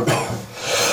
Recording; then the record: coughing mixed with background sound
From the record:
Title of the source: Cough Around the Clock!